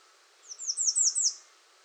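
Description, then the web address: American redstart song: a brisk phrase of five thin, high notes, each dropping in pitch, over a light background hiss. Recorded 21 June 2019. "soundrecordings 2019-06-21 American Redstart"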